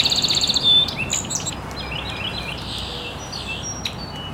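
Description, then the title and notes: Birds chirping, opening with a rapid buzzy trill, then scattered softer chirps and whistles over a background hiss. Birds chirping very early in the morning in an estuary. "Birds Chirping in the Early Morning. Original sounds of birds chirping very early in the morning in an estuary"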